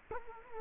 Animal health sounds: mosquito wingbeat signal from an infrared sensor; Culex quinquefasciatus

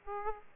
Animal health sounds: mosquito wingbeat signal from an infrared sensor; Aedes aegypti

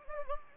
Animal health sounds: mosquito wingbeat signal from an infrared sensor; Anopheles gambiae

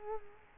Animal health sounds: mosquito wingbeat signal from an infrared sensor; Culex quinquefasciatus

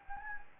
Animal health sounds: mosquito wingbeat signal from an infrared sensor; Anopheles gambiae

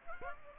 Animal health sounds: mosquito wingbeat signal from an infrared sensor; Aedes aegypti

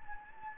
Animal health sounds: mosquito wingbeat signal from an infrared sensor; Anopheles gambiae

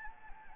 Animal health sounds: mosquito wingbeat signal from an infrared sensor; Anopheles gambiae

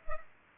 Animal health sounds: mosquito wingbeat signal from an infrared sensor; Culex pipiens

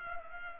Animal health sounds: mosquito wingbeat signal from an infrared sensor; Culex pipiens

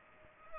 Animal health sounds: mosquito wingbeat signal from an infrared sensor; Culex pipiens

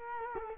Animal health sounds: mosquito wingbeat signal from an infrared sensor; Culex quinquefasciatus

